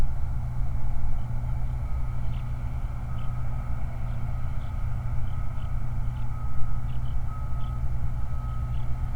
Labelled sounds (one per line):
songbird
vehicle